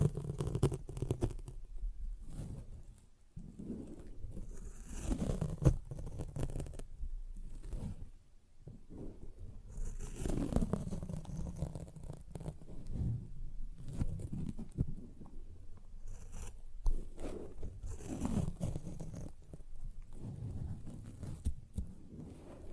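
Sponge squishing and scratching in irregular bursts, with low wet squelches, rough rasping strokes and brief crisp tearing-like snaps throughout.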